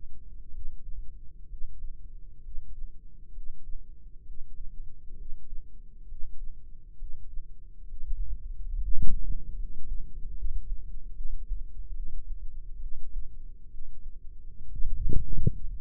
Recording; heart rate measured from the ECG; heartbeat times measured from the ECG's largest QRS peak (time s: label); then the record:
heart sounds by microphone in the left ear; 68 bpm
0.49 s: heartbeat
1.45 s: heartbeat
2.39 s: heartbeat
3.30 s: heartbeat
4.21 s: heartbeat
5.13 s: heartbeat
6.04 s: heartbeat
6.94 s: heartbeat
7.84 s: heartbeat
8.74 s: heartbeat
9.51 s: heartbeat
10.32 s: heartbeat
11.11 s: heartbeat
11.90 s: heartbeat
12.77 s: heartbeat
13.66 s: heartbeat
14.63 s: heartbeat
15.59 s: heartbeat
From the record:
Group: healthy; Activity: Valsalva maneuver 0-10 s, rest 10-16 s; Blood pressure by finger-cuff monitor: 113/74 mmHg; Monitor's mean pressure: 84 mmHg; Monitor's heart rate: 66 bpm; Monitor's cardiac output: 4.9 L/min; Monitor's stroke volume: 77 mL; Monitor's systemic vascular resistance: 1250 dyn s/cm5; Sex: female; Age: 22 years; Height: 171 cm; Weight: 65.6 kg